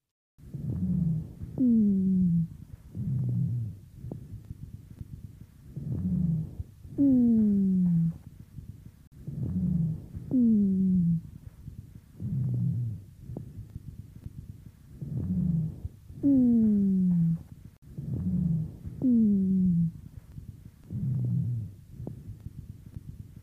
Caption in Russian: Местом образования более низкочастотных, басовых хрипов являются крупные и средние бронхи. Сухих басовых хрипов у другой больной хроническим бронхитом основной дыхательный шум представлен жестким дыханием.